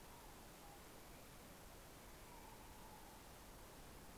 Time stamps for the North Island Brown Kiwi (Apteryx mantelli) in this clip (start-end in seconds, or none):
none